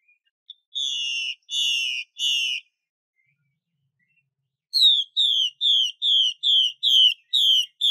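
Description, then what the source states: Chinese hwamei giving three longer, slightly buzzy notes, then after a pause a fast series of about eight short, downslurred whistles. Female bird.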